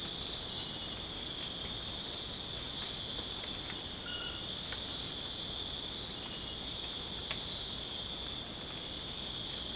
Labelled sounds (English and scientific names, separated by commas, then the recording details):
none
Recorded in secondary vegetation near Puerto Asís, Putumayo, Colombia, on 27 June 2025 at 23:30
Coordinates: 0.484, -76.319
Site G074